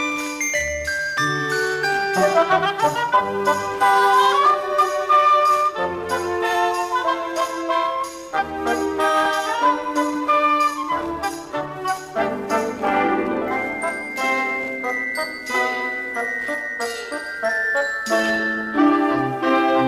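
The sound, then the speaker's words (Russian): Several small bells ring in overlapping, bright, high pitched tones, struck again and again in an uneven flow that keeps up steadily throughout, with no voices. “Мне показалось, что там несколько колокольчиков.”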